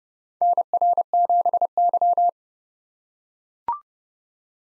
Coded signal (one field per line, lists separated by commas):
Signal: Morse code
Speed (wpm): 31 wpm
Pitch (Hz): 700 Hz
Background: none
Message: NR7Y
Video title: 2023 SOTA Chaser Call Signs - 30wpm